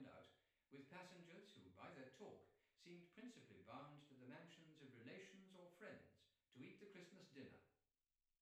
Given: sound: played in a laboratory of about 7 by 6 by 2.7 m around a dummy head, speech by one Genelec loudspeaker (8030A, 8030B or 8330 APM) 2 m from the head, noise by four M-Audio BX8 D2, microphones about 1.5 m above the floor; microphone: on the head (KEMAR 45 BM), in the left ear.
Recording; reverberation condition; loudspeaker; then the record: male speech in English; medium; 150 degrees to the right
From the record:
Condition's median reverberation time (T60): about 510 ms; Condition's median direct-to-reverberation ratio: about -0.5 dB